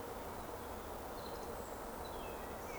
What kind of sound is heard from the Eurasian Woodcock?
whistle